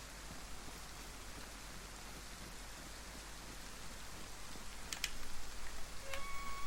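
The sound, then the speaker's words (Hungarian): Heavy rain pours down in a steady, dense hiss that fills the whole stretch and swells slightly toward the end, with a few faint clicks and a brief thin tone near the close. “Na jó, visszamegyek a menedékbe, ha már így elkezdett zuhogni.”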